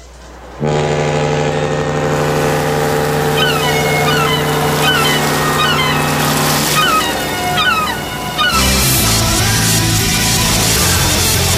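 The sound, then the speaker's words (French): A deep, steady ship's horn drones loudly from a boat at sea on a sunny day while seagull-like cries chirp over it, then a broad rushing wash of waves takes over near the end. “Toujours en direct de l'SS Requis, notre beau bateau qu'on vous a monté pour cet été et qu'on est heureux sur la mer comme ça.”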